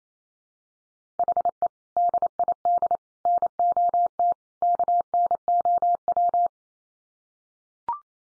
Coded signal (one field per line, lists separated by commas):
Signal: Morse code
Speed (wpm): 28 wpm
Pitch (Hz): 700 Hz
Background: none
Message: HE DID NOT KNOW